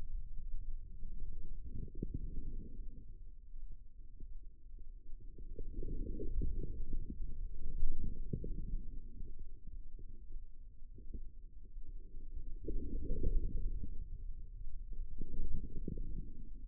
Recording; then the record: forearm muscle sounds (acoustic myography)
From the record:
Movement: inward rotation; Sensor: system 2, bracelet of six BSWA MPA416 microphones around the upper forearm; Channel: 4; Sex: female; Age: 25 years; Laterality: right